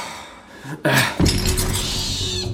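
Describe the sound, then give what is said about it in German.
An animal lands on broken glass shards: a sudden bright crash, a second heavier impact a moment later, then a sustained scraping, clinking rattle of shards that slowly settles. “Du hast sie direkt auf die Scherben geschleudert, spinnst du?”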